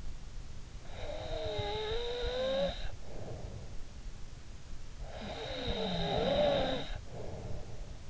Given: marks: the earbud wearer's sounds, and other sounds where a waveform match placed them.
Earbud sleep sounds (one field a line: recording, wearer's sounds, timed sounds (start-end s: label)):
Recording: sounds in sleep by an in-ear microphone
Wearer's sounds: snoring breath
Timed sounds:
0.25-4.50 s: snoring breath
4.73-8.10 s: snoring breath